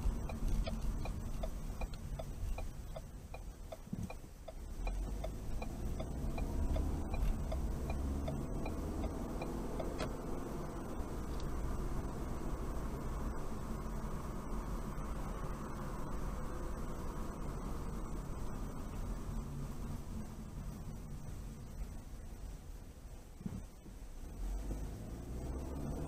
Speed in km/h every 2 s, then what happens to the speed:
21, 10, 8, 18, 27, 37, 39, 39, 34, 27, 18, 6, 11.
0-4 slows to 8. 4-10 speeds up to 37. 14-22 brakes to 6.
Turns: 0-8.